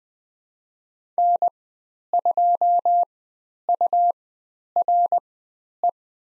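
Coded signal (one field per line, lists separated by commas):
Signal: Morse code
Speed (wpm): 20 wpm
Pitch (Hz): 700 Hz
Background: none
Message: N2URE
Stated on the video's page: Morse code lesson on the letter M with call signs, Farnsworth speed 20/10 wpm.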